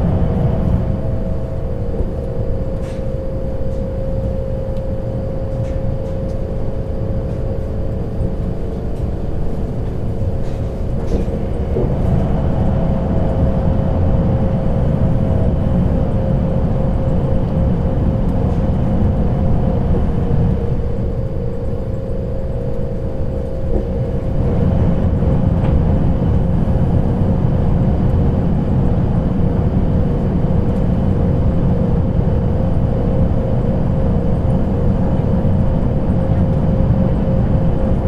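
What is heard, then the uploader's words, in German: A train ride at night: a steady, dense low rumble runs throughout, with a sustained whining tone riding above it. The rumble thins briefly around 21 to 24 seconds, then swells back, and faint clicks and knocks appear now and then. Zugfahrt in der Nacht.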